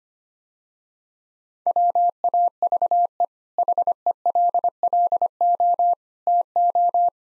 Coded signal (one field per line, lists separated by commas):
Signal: Morse code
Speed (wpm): 25 wpm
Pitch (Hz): 700 Hz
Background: none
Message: WAVE HELLO TO